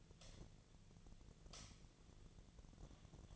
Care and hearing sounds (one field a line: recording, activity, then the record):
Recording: daily activity, microphone in the room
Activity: light on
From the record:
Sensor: 4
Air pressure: 1010.6 hPa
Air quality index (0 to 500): 173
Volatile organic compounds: 5 ppm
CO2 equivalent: 1762 ppm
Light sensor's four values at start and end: 37/106/42/43 and 37/108/43/43